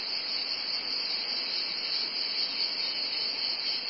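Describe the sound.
Cicadas making a steady, piercing buzz, continuous from start to end.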